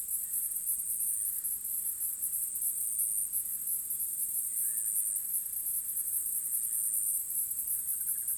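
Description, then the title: Cicada chorus as a continuous high hiss with a slight flutter, unbroken for the whole stretch, with a few faint, soft mid-pitched notes in the background. Field recording from Australia or Portugal made during 2011, possibly altered. "EMERGING TERRITORIES. Cicadas"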